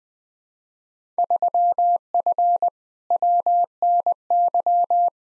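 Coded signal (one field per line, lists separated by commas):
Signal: Morse code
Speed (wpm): 20 wpm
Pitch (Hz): 700 Hz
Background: none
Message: 3F WNY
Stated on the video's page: Field Day contest exchange practice at 20 wpm, each exchange sent in Morse, spoken, then sent again.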